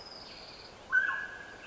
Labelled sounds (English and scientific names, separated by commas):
Mountain Quail (Oreortyx pictus)